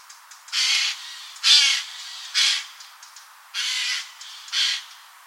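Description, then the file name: Eurasian jay giving harsh, rasping screeches, five broad noisy bursts spaced roughly a second apart, with soft faint ticking between them. "Garrulus glandarius"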